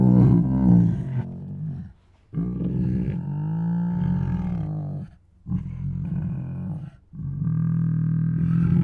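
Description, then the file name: Tiger moans and roars, low drawn-out harmonic calls repeated in four bursts with brief gaps between them. Two tigers making moans and roars. "Two Tigers Make Many Moans, Roars and Snores [Sound Ideas]"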